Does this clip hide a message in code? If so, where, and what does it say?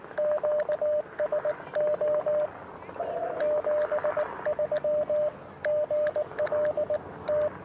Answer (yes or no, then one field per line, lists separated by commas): yes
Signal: Morse code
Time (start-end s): 0.2-7.5 s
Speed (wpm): 20 wpm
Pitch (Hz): 600 Hz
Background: radio noise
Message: QSO 73 GLT